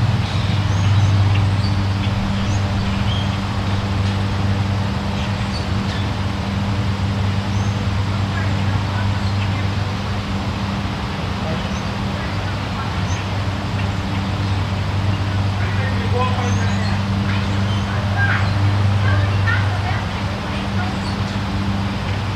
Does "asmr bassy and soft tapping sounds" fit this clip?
no